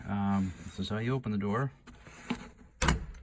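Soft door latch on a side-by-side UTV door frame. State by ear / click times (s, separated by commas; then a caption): partly seated / 2.8 s. Someone talks, then a soft door on a Polaris Ranger side-by-side UTV is opened and shut against its frame, with a sharp latch click at 2.8 s. The soft door latch catches only partway and does not fully latch, leaving an air gap in the closed door.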